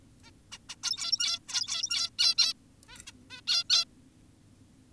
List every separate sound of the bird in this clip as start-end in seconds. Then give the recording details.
0.24-0.31, 0.52-0.58, 0.69-0.76, 0.84-1.39, 1.48-2.10, 2.19-2.35, 2.38-2.54, 2.89-2.98, 3.07-3.12, 3.30-3.41, 3.48-3.64, 3.70-3.85. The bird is an adult. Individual g17y2U